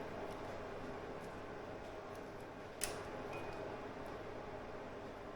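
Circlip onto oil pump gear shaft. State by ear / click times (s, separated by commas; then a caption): seated / 2.8 s. A metal circlip is pushed onto the oil pump drive gear shaft, over the outer shim, in a Royal Enfield Himalayan motorcycle engine during a fix for an oil pump rattle. Against a steady low background hum, a single short, sharp metallic click is heard at 2.8 s. The circlip seats onto the shaft.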